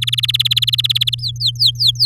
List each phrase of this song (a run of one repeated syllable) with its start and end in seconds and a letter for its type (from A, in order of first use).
0.01-1.15 A, 1.18-2.06 B